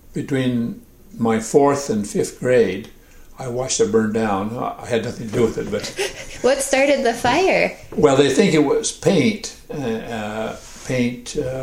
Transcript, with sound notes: between my fourth and fifth grade. I watched it burn down. I had nothing to do with it, but…
[laughter] What started the fire?
Well, they think it was paint. Paint